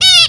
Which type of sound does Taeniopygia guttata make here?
distance call